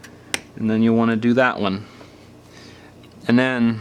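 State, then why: Seated. The middle display flex cable connector is pressed by finger onto its socket on an iPhone 5 logic board and seats with a sharp, brief snap at 0.3 s. Someone talks through most of the rest of the clip.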